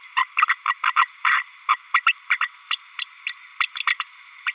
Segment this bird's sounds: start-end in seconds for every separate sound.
0.16-0.25, 0.37-0.46, 0.68-0.74, 0.83-0.93, 0.96-1.05, 1.24-1.43, 1.69-1.76, 1.94-2.02, 2.06-2.12, 2.30-2.37, 2.41-2.48, 2.70-2.78, 2.98-3.06, 3.26-3.34, 3.60-3.69, 3.76-3.82, 3.87-3.95, 3.99-4.08, 4.46-4.53